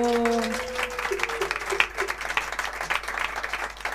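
An audience applauds in a dense, steady patter of many hands clapping together, holding an even level for a few seconds, with a brief tonal hum fading out at the very start.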